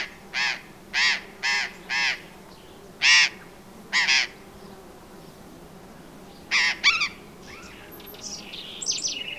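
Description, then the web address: Burrowing parrot harsh screeching calls, a series of four evenly spaced screeches, then two more and a later pair, with fainter higher chatter near the end. "parrots cyanoliseus-patagonus"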